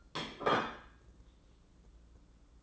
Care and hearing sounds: daily activity, microphone in the room; place plate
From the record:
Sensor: 3

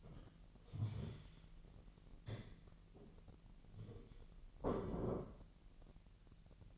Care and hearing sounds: daily activity, microphone in the room; stand up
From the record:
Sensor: 4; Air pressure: 1002.8 hPa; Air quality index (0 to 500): 248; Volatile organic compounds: 29 ppm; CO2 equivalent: 2944 ppm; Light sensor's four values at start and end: 10/22/9/9 and 10/22/9/9

